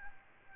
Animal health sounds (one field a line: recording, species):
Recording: mosquito wingbeat signal from an infrared sensor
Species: Aedes albopictus